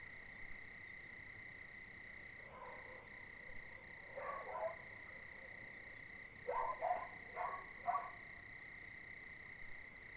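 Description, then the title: Dogs barking in short bursts, a few single barks then a quick series of three, over a constant high buzzing chorus of crickets. Several dogs barking at night, 02:59, 20 January 2019, Cilaos, quartier des Étangs, Réunion; nearest dog silent so farther dogs and crickets heard; neighbourhood overrun with dogs. "CILAOS quartier des Étangs - 20190120_02h59 chiens pour la nuit"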